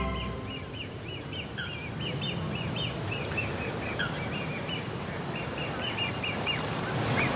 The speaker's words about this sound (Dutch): Nog steeds hoor je gebedel en gejengel om je heen. Jonge vogels die met hardnekkig gefluit en gepiep hun ouders gek zeuren om voedsel.